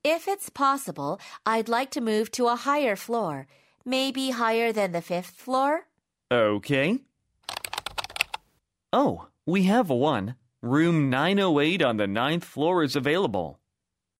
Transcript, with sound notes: If it’s possible, I’d like to move to a higher floor.
Maybe higher than the 5th floor?
Okay. [Typing sound] Oh, we have one. Room 908 on the 9th floor is available.